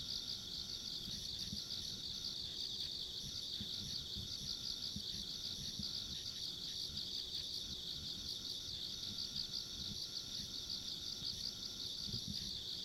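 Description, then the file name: Continuous high-pitched insect trilling, densely layered, with a faint higher whine and steady low rumble underneath. Ambient insect sounds recorded along a country road. "田舎道の虫の環境音"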